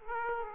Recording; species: mosquito wingbeat signal from an infrared sensor; Aedes aegypti